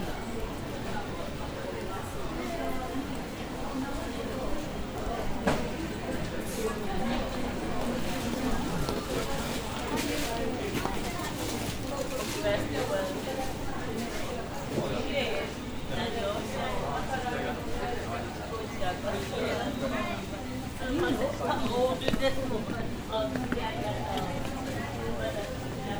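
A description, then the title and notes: Crowd sounds at Nishiki Market in Kyoto: many overlapping voices chatter steadily throughout, with no single speaker standing out. Scattered clinks, taps and footsteps punctuate the murmur, and the level stays fairly even, swelling slightly around the middle and near the end. Nishiki Market (錦市場), Kyoto, Japan.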